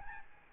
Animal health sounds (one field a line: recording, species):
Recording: mosquito wingbeat signal from an infrared sensor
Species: Aedes albopictus